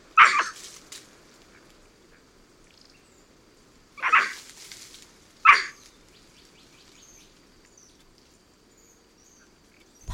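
White-throated capuchin making three coarse, noisy barking calls, two close together near the middle, over faint hiss.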